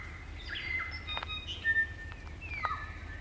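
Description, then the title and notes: Kaka song, a string of clear whistles, some held level, others sweeping sharply down, against a low background hum. Kaka, a large parrot, eerie dusk chorus in late spring at Karori Sanctuary near Wellington, New Zealand. "It's late spring at the Karori Sanctuary near Wellington, New Zealand and the kakas – a large species of parrot – are singing their eerie dusk chorus. BBC Countryfile Magazine's Sound Escapes. Recorded by Margaret Bartlett."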